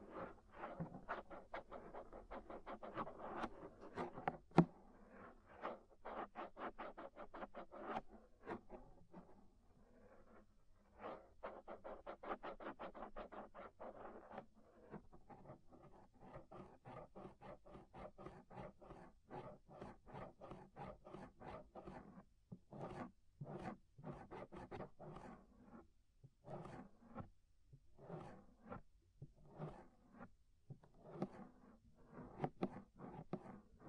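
Close, rapid scraping inside and around the ear, made of dense trains of short rasping strokes. The first fifteen seconds are busier and more continuous, with a few louder clicks near five seconds. After that the strokes grow sparser, with more irregular pauses between bursts.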